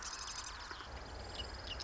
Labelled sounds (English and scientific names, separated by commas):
Marsh Wren (Cistothorus palustris)